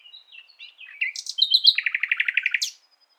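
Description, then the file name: Common nightingale song: soft varied twitters, then a loud run of rapid, evenly repeated notes ending in a sharp upward flourish. "Luscinia megarhynchos"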